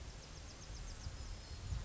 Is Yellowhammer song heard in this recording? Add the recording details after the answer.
yes. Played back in forest. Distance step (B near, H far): G. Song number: 018